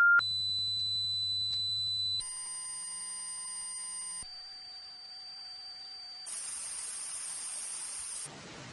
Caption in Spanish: Gente que vive oyendo eso, todo el día pegado en el oído. Zumbido permanente que tienen muchos en el oído.